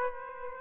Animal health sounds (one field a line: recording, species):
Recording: mosquito wingbeat signal from an infrared sensor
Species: Aedes aegypti